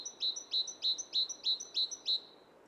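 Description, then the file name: Great tit song, a clear two-note phrase, a high note then a lower one, repeated about seven times in quick, even rhythm. "Parus major"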